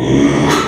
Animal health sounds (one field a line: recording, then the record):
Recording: squeal of a Yucatan mini pig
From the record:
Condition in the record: after surgery on the right vocal fold (resection and tissue-engineered implant)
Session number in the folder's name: 3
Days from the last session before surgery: 33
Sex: male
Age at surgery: 12 weeks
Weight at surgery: 13 kg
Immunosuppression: cyclosporine, prednisolone